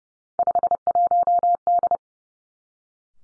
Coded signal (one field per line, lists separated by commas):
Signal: Morse code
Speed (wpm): 30 wpm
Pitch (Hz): 700 Hz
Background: none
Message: 51D